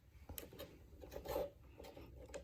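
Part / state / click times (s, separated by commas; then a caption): rear wiper blade onto wiper arm / not seated / none. A plastic rear wiper blade is pushed onto the wiper arm, with its small plastic spacer, of a 2006 BMW 530xi Wagon (E61). Soft handling and rubbing noises are heard, with brief taps near 0.4 s and 2.4 s. Nothing has seated or clicked yet.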